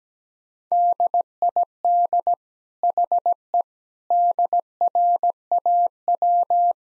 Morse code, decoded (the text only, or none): DID HE DRAW